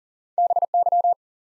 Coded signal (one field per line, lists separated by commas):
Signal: Morse code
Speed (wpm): 37 wpm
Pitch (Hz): 700 Hz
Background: none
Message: BY